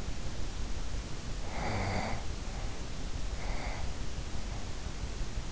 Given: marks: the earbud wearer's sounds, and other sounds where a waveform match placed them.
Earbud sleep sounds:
sounds in sleep by an in-ear microphone; breath
1.41-4.14 s: breath

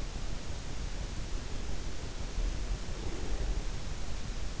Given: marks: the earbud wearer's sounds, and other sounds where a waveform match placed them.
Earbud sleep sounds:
sounds in sleep by an in-ear microphone; breath
2.93-3.88 s: breath

